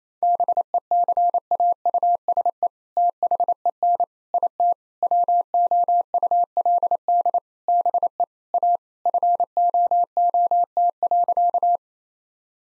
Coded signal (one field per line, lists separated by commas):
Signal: Morse code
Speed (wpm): 27 wpm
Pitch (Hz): 700 Hz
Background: none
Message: BECAUSE THEN IT WOULD BE A FOOT.